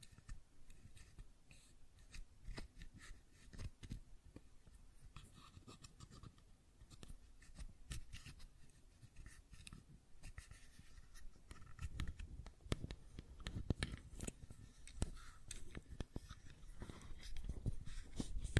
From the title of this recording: Fidget Cube Tapping and Clicking Sounds